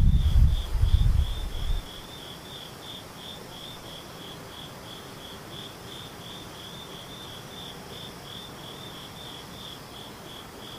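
An insect, likely a cricket, chirps in a steady, rapid high-pitched pulse throughout, while a low rumble fills the first two seconds.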